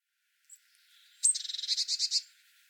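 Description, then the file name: Eurasian blue tit giving a high, thin note, then a scratchy, buzzy churr of about ten quick, even notes. "Cyanistes caeruleus"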